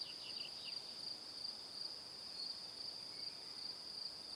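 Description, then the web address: Shrill cricket chirps repeating evenly, with a few quick lower-pitched notes at the very beginning. "calm calmplus sounds Calm - Evening Crickets"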